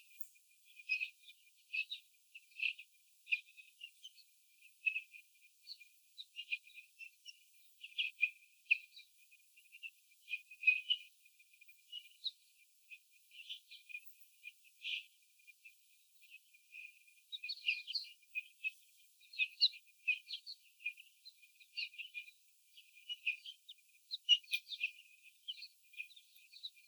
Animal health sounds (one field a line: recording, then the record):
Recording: young laying hens in a cage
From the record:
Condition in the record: before the stressor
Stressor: sudden umbrella opening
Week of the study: 3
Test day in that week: 2